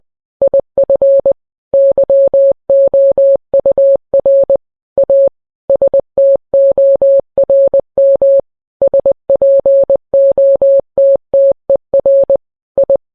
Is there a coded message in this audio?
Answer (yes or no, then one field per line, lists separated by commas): yes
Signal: Morse code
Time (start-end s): 0.4-13.0 s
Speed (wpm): 20 wpm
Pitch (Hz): 550 Hz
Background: none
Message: IF YOUR A STORM SPOTTER I